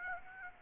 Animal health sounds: mosquito wingbeat signal from an infrared sensor; Aedes aegypti

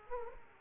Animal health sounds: mosquito wingbeat signal from an infrared sensor; Aedes aegypti

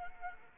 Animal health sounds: mosquito wingbeat signal from an infrared sensor; Anopheles arabiensis

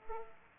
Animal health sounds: mosquito wingbeat signal from an infrared sensor; Aedes aegypti

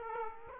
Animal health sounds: mosquito wingbeat signal from an infrared sensor; Aedes aegypti

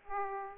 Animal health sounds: mosquito wingbeat signal from an infrared sensor; Aedes aegypti

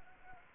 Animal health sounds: mosquito wingbeat signal from an infrared sensor; Anopheles arabiensis

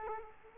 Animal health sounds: mosquito wingbeat signal from an infrared sensor; Aedes aegypti

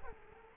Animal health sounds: mosquito wingbeat signal from an infrared sensor; Culex quinquefasciatus

